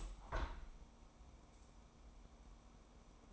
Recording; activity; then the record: daily activity, microphone in the room; open window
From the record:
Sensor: 1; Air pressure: 1000.5 hPa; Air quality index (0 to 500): 171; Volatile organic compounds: 4 ppm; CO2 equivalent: 1571 ppm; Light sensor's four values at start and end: 11/26/11/12 and 11/28/11/13